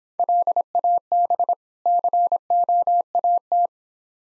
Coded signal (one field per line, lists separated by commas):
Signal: Morse code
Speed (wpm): 24 wpm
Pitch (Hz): 700 Hz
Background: none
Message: LAB COAT